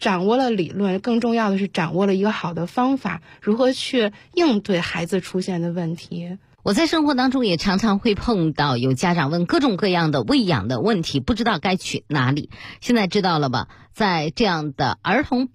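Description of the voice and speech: A woman speaks fluent Mandarin in a clear, steady, ordinary voice, like a radio health-show host on Beijing People's Radio sports channel program "Health Relativity" (健康相对论), discussing child health care.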